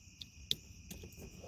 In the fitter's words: you're gonna hear click